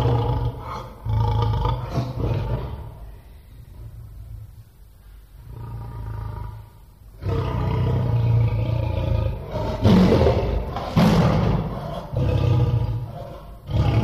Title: Lion's Roar